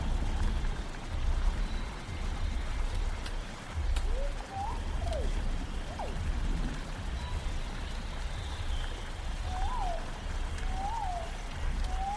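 A prehistoric forest scene with a steady, dense wash of rumbling low noise and hiss throughout, like rain or wind. Short rising and falling calls, whistle-like chirps and swoops, appear sporadically, around four to six seconds and again near ten and eleven.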